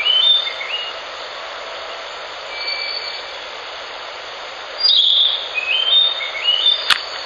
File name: キビタキ